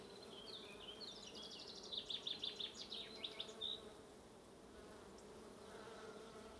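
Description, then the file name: Bees drone low and steady as a bird delivers a rapid run of repeated chirps midway, then quieter humming. "buzzing bees"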